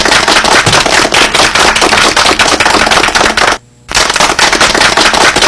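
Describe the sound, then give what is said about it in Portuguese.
Loud, sustained applause from a large crowd for the MST, a dense crackle of many hands clapping at once, with a brief dip to near silence about two-thirds through before the clapping resumes just as strongly. “Bota palmas aí pro MST, bate palmas aí, muitas palmas para o MST, muitas palmas a esses homens e mulheres.”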